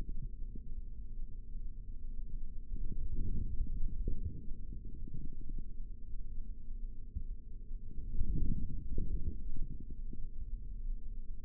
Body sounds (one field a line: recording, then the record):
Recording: forearm muscle sounds (acoustic myography)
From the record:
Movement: forearm supination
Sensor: system 3, bracelet of six PUI Audio POM-2738L microphones around the upper forearm, with dedicated amplification and filtering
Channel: 3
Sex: male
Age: 25 years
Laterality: right